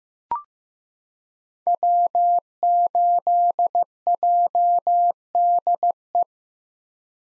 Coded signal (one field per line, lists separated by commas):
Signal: Morse code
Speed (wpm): 15 wpm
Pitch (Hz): 700 Hz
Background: none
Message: W8JDE